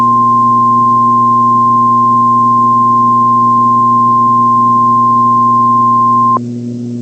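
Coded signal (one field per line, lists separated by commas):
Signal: Emergency Alert System (SAME) tones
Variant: 1050 Hz attention tone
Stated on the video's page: Fictional EAS scenario with valid tones.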